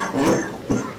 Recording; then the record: coughing mixed with background sound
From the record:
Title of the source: Spring Cold Coughing 3